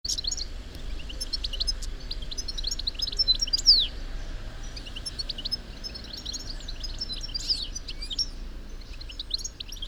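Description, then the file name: European goldfinch calls: quick, high, tinkling twitters and sharp chips in bursts, busiest near the start and again after six seconds, over a low steady background hum. "Carduelis carduelis"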